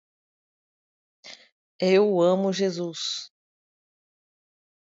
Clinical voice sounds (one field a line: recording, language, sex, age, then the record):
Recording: short text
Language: Brazilian Portuguese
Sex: female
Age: 40 to 49 years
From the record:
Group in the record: control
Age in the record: 47 years